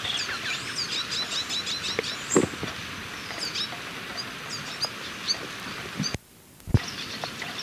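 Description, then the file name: Saffron siskin twittering: bursts of high, thin chirps and short notes throughout, with a few soft knocks and a brief drop to near silence toward the end. "Spinus siemiradzkii - Saffron Siskin"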